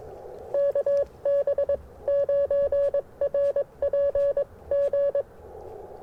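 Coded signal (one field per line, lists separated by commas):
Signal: Morse code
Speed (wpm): 22 wpm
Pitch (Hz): 1700 Hz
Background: none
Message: KB9RPG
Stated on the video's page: QRP CW Parks on the Air activation on 40 m and 30 m, using an Icom IC-705, magnetic loop antenna and paddles.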